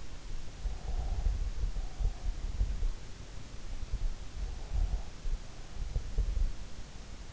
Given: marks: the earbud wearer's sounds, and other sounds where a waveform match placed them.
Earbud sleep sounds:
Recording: sounds in sleep by an in-ear microphone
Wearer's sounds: breath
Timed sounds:
0.61-2.94 s: breath
4.62-7.33 s: breath

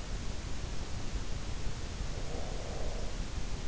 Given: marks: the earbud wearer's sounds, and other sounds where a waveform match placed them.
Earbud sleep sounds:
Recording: sounds in sleep by an in-ear microphone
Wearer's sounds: breath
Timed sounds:
2.09-3.17 s: breath

